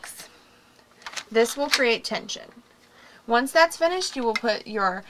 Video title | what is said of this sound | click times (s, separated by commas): Dauphine Spring Tension Rod Assembly Instructions www.InteriorDecorating.com | you get to the end you will press the stop in until it clicks | 1.1 s